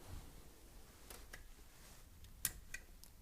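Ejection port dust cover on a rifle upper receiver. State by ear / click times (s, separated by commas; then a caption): released / 2.4 s. A polymer ejection port dust cover on a rifle upper receiver is released and springs open. Faint ticks lead up to a sharp snap at 2.4 s, followed by a smaller click. The door pops open as it is supposed to.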